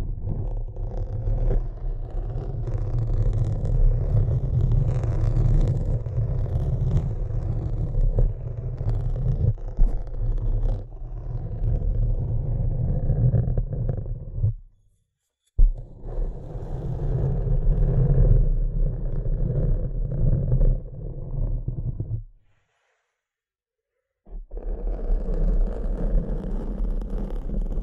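Dense scratching and tapping over a heavy low rumble, cutting to silence just before 15 seconds and again around 23 seconds.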